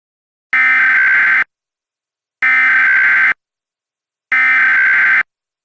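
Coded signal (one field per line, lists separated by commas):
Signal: Emergency Alert System (SAME) tones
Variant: header bursts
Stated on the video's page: Mock EAS alert with valid SAME tones decoding to a national Emergency Action Notification.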